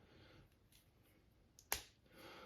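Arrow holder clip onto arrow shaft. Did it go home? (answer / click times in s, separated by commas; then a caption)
yes / 1.7 s. A micro-size removable arrow holder is pressed onto an arrow shaft and snaps into place with a sharp click at 1.7 seconds, preceded by a fainter tick at 1.6 seconds. The holder seats firmly on the shaft with a satisfying click.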